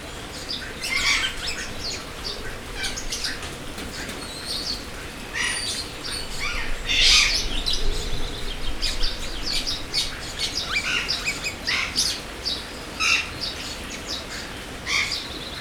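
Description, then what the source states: Birds calling in a crowded chorus of tweets and squawks, with a loud cluster of calls near the midpoint and bright sharp chirps repeating toward the end. Recorded at Jászberény Zoo in 2016.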